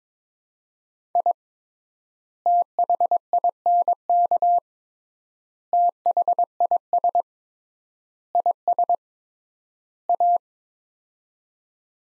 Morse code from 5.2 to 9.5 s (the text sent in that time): THIS IS